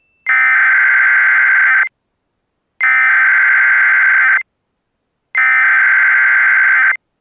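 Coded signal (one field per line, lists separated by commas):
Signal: Emergency Alert System (SAME) tones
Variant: header bursts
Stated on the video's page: Mock EAS scenario whose tones were made with an Audacity macro.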